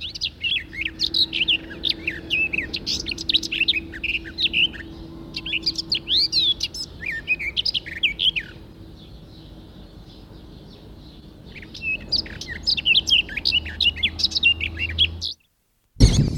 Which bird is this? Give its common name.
Garden Warbler